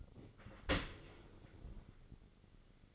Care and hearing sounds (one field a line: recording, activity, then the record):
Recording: daily activity, microphone in the room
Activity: open dishwasher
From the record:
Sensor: 4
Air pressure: 1004.0 hPa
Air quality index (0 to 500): 155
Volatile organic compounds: 2 ppm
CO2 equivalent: 1106 ppm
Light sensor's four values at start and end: 23/55/23/24 and 23/57/23/25